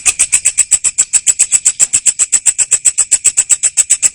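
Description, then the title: Cricket's rapid pulsed trill, shrill and metallic, in an unbroken even run. Loud cricket chirping ('ngerik') played to make lovebirds keep singing ('ngekek'). "Suara JANGKRIK NGERIK Keras Bikin LOVEBIRD Jadi NGEKEK Terus Vubey"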